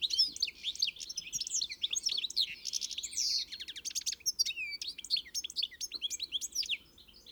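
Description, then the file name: European goldfinch twittering: quick, high, jangling notes and slurred whistles tumble in busy phrases. A short buzzy passage comes midway, and the chatter thins toward the end. "Carduelis carduelis"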